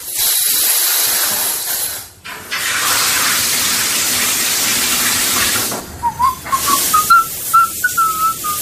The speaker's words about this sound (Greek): Και λίγο πριν κλείσουμε, πάμε πάλι στην ντουζιέρα του Άδωνη να ακούσουμε τι τραγουδάει αυτή την ώρα.